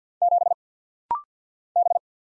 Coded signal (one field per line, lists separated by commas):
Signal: Morse code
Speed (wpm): 49 wpm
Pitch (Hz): 700 Hz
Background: none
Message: 7 B